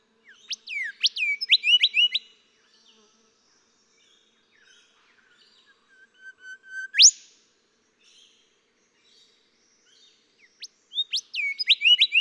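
Golden whistler songs: a ringing whistled phrase with quick whip notes, then steady whistles on one pitch growing louder and ending in an upward whip, then another ringing phrase.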